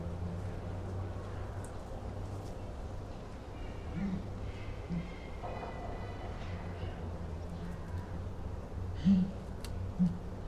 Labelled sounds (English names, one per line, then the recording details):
Southern Ground Hornbill call
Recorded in captivity
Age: adult
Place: Zoo Berlin, Berlin, DE
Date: 1997-09-16 16:04
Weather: heiter - wolkig, ca. 23°C
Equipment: Sony MD-WM MZ-R3, Sennheiser ME 80, Kopie Uher 4000 Report Monitor
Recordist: Tembrock, Günter